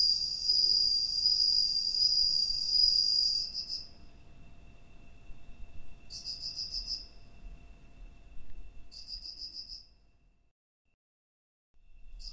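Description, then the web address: Cricket song: a long trill, then short chirp bursts a few seconds apart, with a brief silence before a final chirp. "Hoerbeispiele Grillen"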